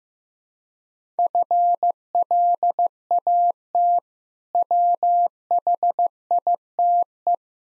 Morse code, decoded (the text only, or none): FLAT WHITE